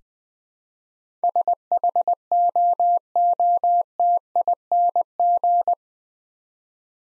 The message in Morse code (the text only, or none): SHOOTING